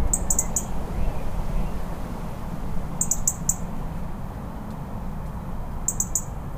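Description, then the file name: European robin calls as bright, clipped ticks delivered in bunches of three or four, spaced about three seconds apart, above a continuous low hum. "Erithacus rubecula - European Robin"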